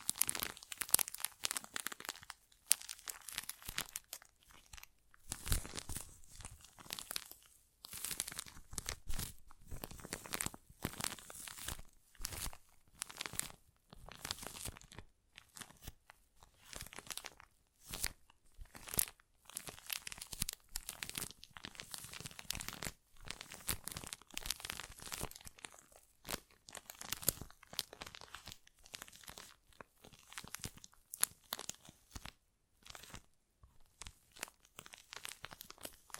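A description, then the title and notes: An assortment of tingly sounds: rapid crinkling, crumpling and tearing bursts, bright and crisp, with brief silent gaps scattered throughout. Tingly Sound Assortment.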